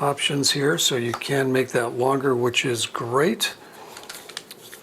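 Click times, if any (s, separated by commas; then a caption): 4.0 s, 4.1 s, 4.3 s, 4.4 s, 4.5 s, 4.7 s. Someone talks, and then the telescoping pan handle on a SmallRig tripod head is pulled out to make it longer, passing a series of small detent clicks at 4.0, 4.1, 4.3, 4.4, 4.5 and 4.7 seconds. The handle clicks into its detent positions as it extends.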